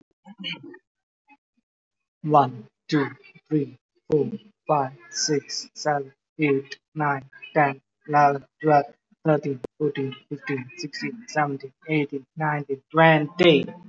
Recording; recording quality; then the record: counting at a normal pace; excellent, no background noise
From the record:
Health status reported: healthy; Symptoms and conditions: none ticked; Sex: male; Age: 30 years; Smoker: not ticked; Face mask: not worn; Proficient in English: yes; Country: India